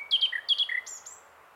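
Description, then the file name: Common nightingale song, a few loud whistled notes that drop in pitch, followed by two thin high whistles fading out. "Luscinia megarhynchos"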